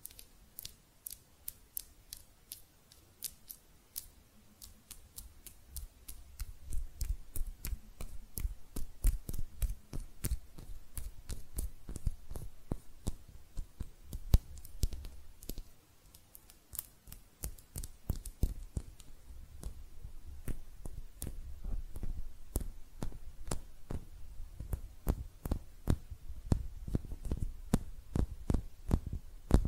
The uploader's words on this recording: ASMR Relaxing Hand Sounds (No Talking).